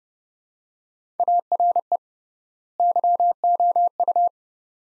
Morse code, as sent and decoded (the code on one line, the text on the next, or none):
.- .-. . / -.-- --- ..-
ARE YOU